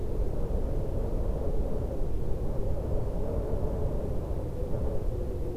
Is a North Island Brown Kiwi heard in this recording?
no